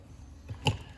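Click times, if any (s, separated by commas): 0.7 s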